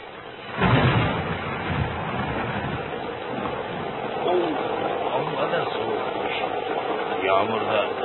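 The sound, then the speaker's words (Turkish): Heavy rain pours down in a steady, dense hiss that surges in abruptly near the start and holds at an even loudness, with faint voices now and then beneath it. “Yağmur da ısıdırır ki ya.”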